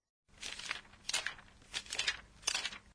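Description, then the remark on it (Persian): Pages of a book being turned, a quick series of dry rustling flips with soft papery crinkles, each sweep a brief burst of hiss, repeated about four times with no talking. “این صداییه که وقتی یه کتاب رو ورق میزنیم شنیده میشه.”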